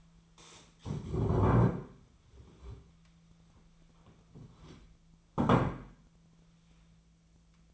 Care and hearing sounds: daily activity, microphone in the room; stand up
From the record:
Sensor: 1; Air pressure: 1008.1 hPa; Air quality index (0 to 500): 192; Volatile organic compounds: 17 ppm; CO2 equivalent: 2596 ppm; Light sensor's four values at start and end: 14/36/14/16 and 13/32/13/15

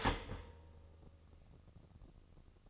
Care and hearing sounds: daily activity, microphone in the room; start toaster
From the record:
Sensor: 4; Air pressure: 1007.8 hPa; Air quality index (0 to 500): 104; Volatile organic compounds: 1 ppm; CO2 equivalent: 773 ppm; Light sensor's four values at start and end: 10/22/9/9 and 10/22/9/9

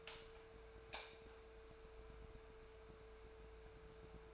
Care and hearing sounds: daily activity, microphone in the room; light on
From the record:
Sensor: 2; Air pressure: 1014.6 hPa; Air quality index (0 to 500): 185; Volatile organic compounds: 14 ppm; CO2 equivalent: 2452 ppm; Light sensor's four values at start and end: 29/71/31/34 and 34/89/38/41

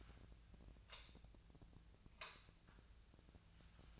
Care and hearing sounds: daily activity, microphone in the room; light on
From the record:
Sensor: 2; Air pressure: 1009.6 hPa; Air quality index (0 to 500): 180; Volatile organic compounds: 10 ppm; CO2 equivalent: 2256 ppm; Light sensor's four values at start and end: 28/67/29/32 and 32/85/36/38

